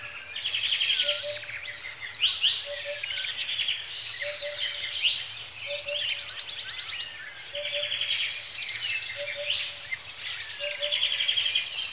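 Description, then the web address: Birds chirping and trilling in an overlapping chorus, with sweeping whistles and a soft low double note repeating regularly underneath. Lakeside in Kenya, Africa, with bird twittering in the early morning. "A Természet hangjai - Madárdal A Természet hangjai - Afrika, Kenya - Tópart madárcsicsergéssel kora reggel"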